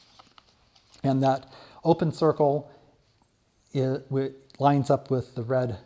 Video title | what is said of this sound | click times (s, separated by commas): How to take your first picture | you want to turn it 90 degrees counterclockwise until it locks into place | 0.4 s